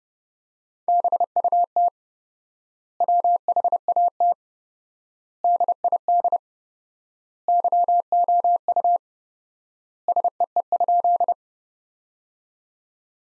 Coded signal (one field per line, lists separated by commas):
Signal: Morse code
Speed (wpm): 30 wpm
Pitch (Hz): 700 Hz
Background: none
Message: BUT WHAT DID YOU SEE?